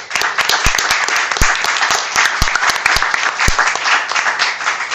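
A crowd applauds steadily, a dense wash of many hands clapping at an even, fairly loud level throughout, with a few sharper individual claps standing out.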